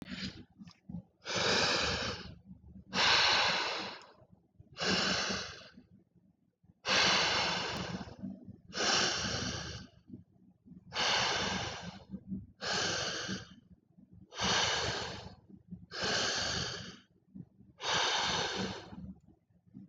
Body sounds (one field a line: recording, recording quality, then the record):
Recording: deep breathing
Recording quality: excellent, no background noise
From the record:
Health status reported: COVID-19 positive, mild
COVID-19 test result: positive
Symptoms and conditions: fatigue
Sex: female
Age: 24 years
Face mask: not worn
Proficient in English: yes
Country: India